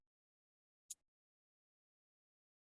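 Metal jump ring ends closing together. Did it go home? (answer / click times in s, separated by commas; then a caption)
yes / 0.9 s. A metal jump ring for jewelry is closed by untwisting pliers. A single subtle, bright click at 0.9 s marks the ring ends meeting, and the jump ring is closed. The rest of the clip is near silence.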